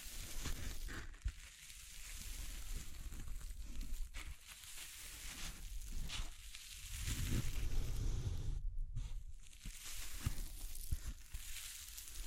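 Tapping, scratching and brushing, with crinkly rustles running through the whole twelve seconds. Short, sharp taps land irregularly, clustering near 1, 4, 6 and 9 seconds, over a dense, rough scrape. A low rumbling swell builds around 7 to 8 seconds.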